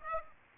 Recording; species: mosquito wingbeat signal from an infrared sensor; Aedes aegypti